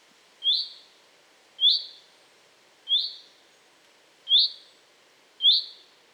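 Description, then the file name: Common chaffinch repeating a crisp high call note about once every second, five times, against soft background noise. "Fringilla coelebs"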